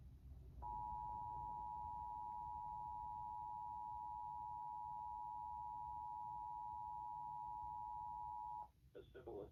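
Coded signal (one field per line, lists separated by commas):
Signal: Emergency Alert System (SAME) tones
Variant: 853 and 960 Hz attention tone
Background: speech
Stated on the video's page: Required Monthly Test as relayed by a New Jersey public television station.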